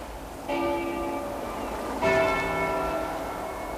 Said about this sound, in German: Professor! Hören Sie das? Glocken. Glocken, Professor. Das ist nichts von Bedeutung. Die Kirchenglocken haben sich wahrscheinlich gelockert. Der Wind bewegt sie, das ist alles.